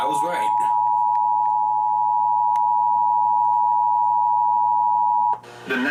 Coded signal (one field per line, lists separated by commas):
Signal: Emergency Alert System (SAME) tones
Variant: 853 and 960 Hz attention tone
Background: speech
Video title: TROP-OH NO! EAS Alerts from (6/14-15/21) (EAS 5061-5091)